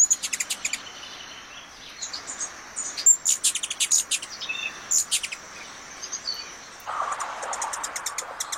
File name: Canto do beija flor da garganta vermelha